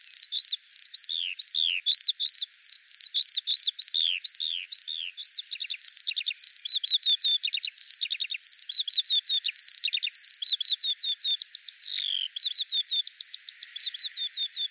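Bird song of repeated arched whistles and fast stuttering note runs, varied phrases following one another without gaps.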